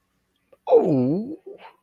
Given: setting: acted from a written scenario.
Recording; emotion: vocal sound without words; adoration